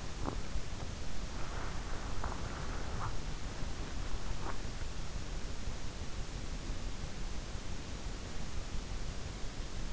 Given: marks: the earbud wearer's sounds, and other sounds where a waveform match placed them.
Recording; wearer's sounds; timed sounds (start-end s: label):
sounds in sleep by an in-ear microphone; body movement
0.00-4.94 s: body movement